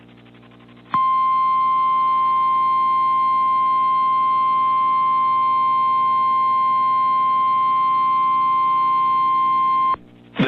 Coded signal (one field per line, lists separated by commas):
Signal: Emergency Alert System (SAME) tones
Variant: 1050 Hz attention tone